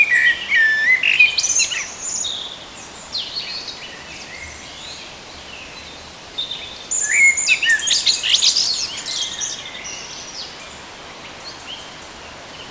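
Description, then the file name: Common blackbird singing: phrases of warbled notes breaking into thin, high twittering, with a pause of a few seconds midway. "turdus merula"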